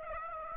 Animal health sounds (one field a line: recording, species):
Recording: mosquito wingbeat signal from an infrared sensor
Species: Aedes aegypti